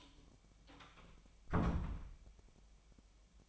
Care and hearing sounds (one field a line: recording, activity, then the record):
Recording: daily activity, microphone in the room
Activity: close door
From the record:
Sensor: 1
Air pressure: 1007.1 hPa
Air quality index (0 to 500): 202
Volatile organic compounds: 21 ppm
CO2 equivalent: 2731 ppm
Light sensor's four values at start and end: 13/32/13/14 and 12/32/13/14